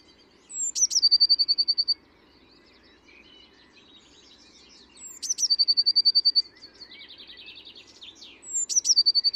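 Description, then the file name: Eurasian blue tit song: a sharp high note sliding into a rapid ringing trill, three phrases spaced several seconds apart, over a low continuous background hum. "Cyanistes caeruleus"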